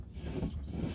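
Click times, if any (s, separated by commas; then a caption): none. An air ride boat seat is swivelled on its pedestal, turning toward the point where the swivel lock catches so the seat can then slide back and forth. Low, steady rubbing and rumbling handling noise fills the second, with no sharp transient. Nothing has seated or clicked yet.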